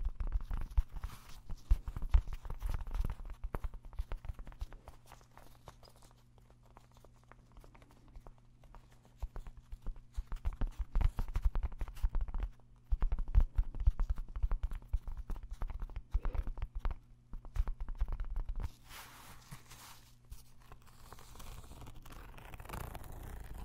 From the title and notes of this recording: ASMR Extra Tingly Tapping No Talking.